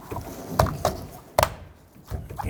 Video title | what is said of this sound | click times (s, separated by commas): How to Replace Side Mirrors 2011-2017 Nissan Quest | hear it snap into place | 0.6 s, 1.4 s